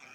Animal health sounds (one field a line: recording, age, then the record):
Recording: pig call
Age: piglet (1 to 25 days)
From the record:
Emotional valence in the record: positive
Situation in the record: short reunion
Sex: male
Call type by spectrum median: low-frequency call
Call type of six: low-frequency tonal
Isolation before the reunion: 3 minutes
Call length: 0.15 s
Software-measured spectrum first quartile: 1243 Hz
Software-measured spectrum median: 2252 Hz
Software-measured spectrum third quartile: 2850 Hz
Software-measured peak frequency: 2366 Hz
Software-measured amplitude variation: 92 dB a second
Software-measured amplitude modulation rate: 20.1 a second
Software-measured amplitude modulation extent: 4.6 dB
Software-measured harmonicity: 1.2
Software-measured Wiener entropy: -0.86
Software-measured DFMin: 693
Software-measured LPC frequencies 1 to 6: 866, 1436, 2404, 3347, 5483, 6536 Hz